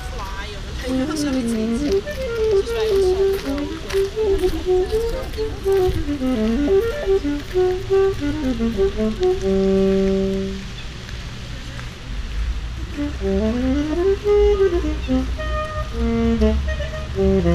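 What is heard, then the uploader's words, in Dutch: A street saxophonist plays flowing, winding phrases in a middle register, holding one long note near ten seconds, then pausing briefly before a rising run. Underneath, traffic rumbles low and steady, with a constant hiss of fountain water and light wind. Saxofoonspeler op de Lange vijverberg, Den Haag.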